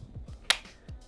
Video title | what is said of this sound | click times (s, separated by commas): INSTA360 GO - First Impressions and Unboxing | You can hear this click is so much stronger. | 0.5 s